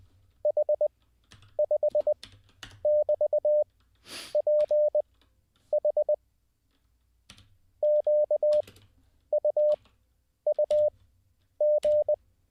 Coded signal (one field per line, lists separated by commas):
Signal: Morse code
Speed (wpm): 20 wpm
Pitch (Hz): 600 Hz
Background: none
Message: H5<BT>PH QUUG